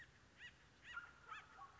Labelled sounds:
Acorn Woodpecker (Melanerpes formicivorus)
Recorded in Sonoma County, California

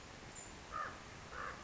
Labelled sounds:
Common Raven (Corvus corax)
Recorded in Sonoma County, California

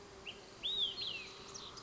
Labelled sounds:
Olive-sided Flycatcher (Contopus cooperi)
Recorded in Sonoma County, California

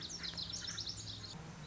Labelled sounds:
Lazuli Bunting (Passerina amoena)
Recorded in Sonoma County, California

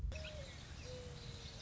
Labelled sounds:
Mourning Dove (Zenaida macroura)
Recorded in Sonoma County, California

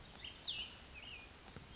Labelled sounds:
Cassin's Vireo (Vireo cassinii)
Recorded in Sonoma County, California

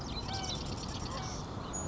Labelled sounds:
Marsh Wren (Cistothorus palustris)
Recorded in Sonoma County, California

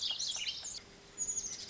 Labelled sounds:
Lazuli Bunting (Passerina amoena)
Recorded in Sonoma County, California

